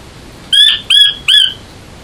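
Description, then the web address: King quail calls: three loud, clear notes in quick succession, each short, over a quiet hiss. "zvuky prepelica cinska"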